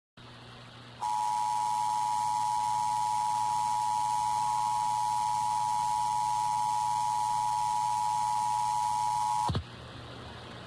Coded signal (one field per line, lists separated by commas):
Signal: Emergency Alert System (SAME) tones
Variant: 853 and 960 Hz attention tone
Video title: San Diego County Required Monthly Test (EAS #1180-1183) 9/6/23